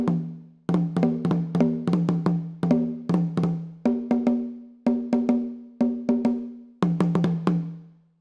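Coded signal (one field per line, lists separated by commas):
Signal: talking drum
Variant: Akan atumpan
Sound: solo pair of talking drums, quick strokes alternating high and low resonant pitches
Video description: plays some solo Atumpani - the talking drums that were used to send patterns of drum language over long distances in pre-modern times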